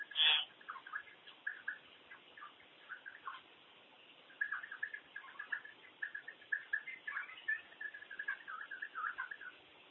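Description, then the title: Common hill myna chattering calls, a rapid series of short clipped notes in irregular bursts, sparse at first and denser in the second half, over a faint steady hiss. "burung beo"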